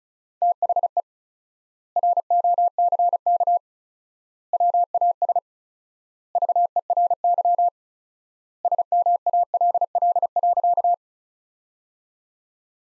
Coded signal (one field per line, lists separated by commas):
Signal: Morse code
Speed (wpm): 36 wpm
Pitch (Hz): 700 Hz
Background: none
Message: THE ROCK WAS VERY SMALL.